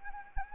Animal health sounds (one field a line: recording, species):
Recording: mosquito wingbeat signal from an infrared sensor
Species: Anopheles arabiensis